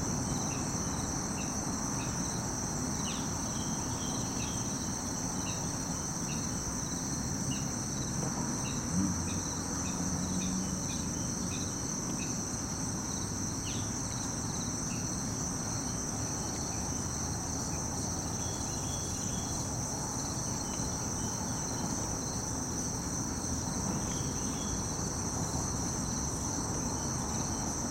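Crickets and cicadas sing without pause, a dense, steady high shimmer holding across all 28 seconds. Underneath runs a constant low rushing roar, with a few brief chirps, one near nine seconds, poking out of the texture.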